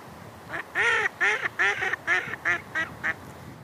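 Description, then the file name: Mallard quacking, a series of about eight loud nasal quacks, the early ones longer and the later ones shorter. "magamo"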